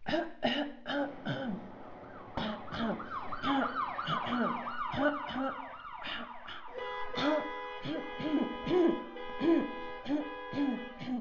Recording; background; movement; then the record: throat clearing; traffic; sitting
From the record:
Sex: female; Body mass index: 21.8 kg/m2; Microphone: on the chest, facing outward